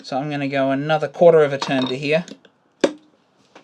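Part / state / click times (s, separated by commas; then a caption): lever cap latching onto a hand plane body / seated / 2.8 s. Someone talks while giving the tension screw of a hand plane another quarter turn, then the metal lever cap is clamped down onto the plane body and latches with a firm, sharp click at 2.8 s. A faint short sound follows at 3.6 s, and the lever cap is seated.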